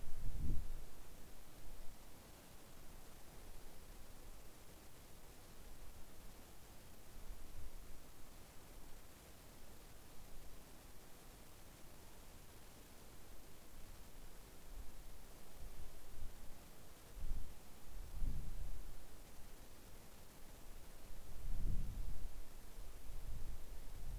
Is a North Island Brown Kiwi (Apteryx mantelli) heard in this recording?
no